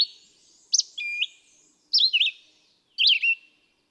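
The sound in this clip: Red-eyed vireo singing several brief whistled phrases, slurred and looping downward then up, spaced up to about a second apart against a quiet background.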